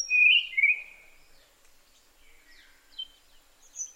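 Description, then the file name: Tanahjampea blue flycatcher song: a loud pair of sliding whistled notes opens, followed by softer, thinner whistles and a short high note near the end. "sikatan tanahjampea"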